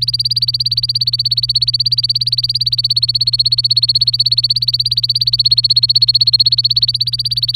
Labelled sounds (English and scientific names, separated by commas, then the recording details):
Domestic Canary (Serinus canaria) song
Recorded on 24 April 2018 at 11:11
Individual llb3